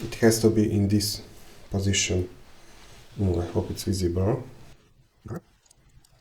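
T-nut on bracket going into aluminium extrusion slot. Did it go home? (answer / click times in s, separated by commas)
no / none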